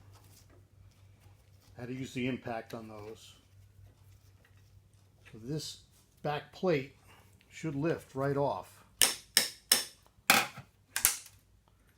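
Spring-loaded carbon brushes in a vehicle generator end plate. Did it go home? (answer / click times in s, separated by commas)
released / 9.4 s, 9.7 s, 10.3 s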